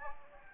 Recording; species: mosquito wingbeat signal from an infrared sensor; Anopheles gambiae